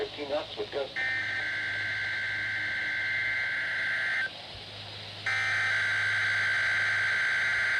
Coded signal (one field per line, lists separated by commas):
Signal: Emergency Alert System (SAME) tones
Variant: header bursts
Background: speech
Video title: LWX NEVER TESTED: RWTs From 6/19/24 (EAS #2573-2576)